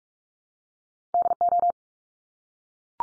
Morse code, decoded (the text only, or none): DO